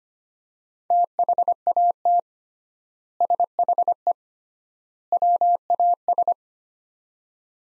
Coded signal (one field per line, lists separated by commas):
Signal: Morse code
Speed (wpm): 25 wpm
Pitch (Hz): 700 Hz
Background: none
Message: THAT SHE WAS